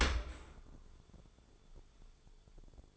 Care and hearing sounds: daily activity, microphone in the room; open dishwasher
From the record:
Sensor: 5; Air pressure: 1015.0 hPa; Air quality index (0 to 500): 119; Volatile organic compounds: 2 ppm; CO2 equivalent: 1277 ppm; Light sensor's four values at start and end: 34/79/32/32 and 34/79/32/32

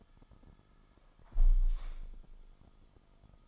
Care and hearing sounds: daily activity, microphone in the room; close window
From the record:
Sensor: 5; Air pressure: 1004.7 hPa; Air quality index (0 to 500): 84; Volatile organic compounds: 2 ppm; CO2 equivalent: 1006 ppm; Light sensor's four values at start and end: 34/79/32/31 and 34/79/32/31

